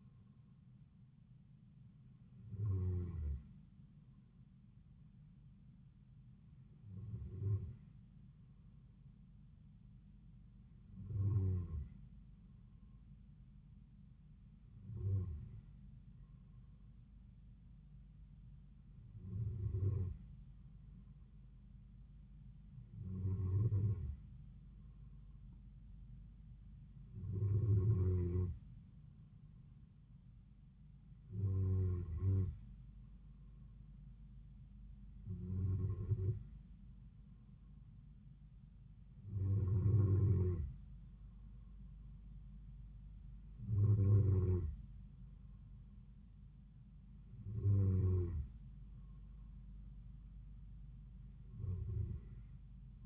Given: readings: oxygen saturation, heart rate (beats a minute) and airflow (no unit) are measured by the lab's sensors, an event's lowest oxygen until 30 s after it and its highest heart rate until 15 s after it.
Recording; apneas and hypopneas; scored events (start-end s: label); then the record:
breathing in sleep by a smartphone at the bedside; none
none scored
From the record:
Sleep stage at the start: N2 (light sleep); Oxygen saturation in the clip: 93 to 94%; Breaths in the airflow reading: 13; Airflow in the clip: -3.8 to 3.2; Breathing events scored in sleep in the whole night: 270 in 6.1 hours asleep